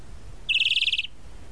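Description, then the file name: Tropical mockingbird giving a single rapid trill of evenly repeated notes lasting about half a second. "Canto-do-Sabiá-da-Praia"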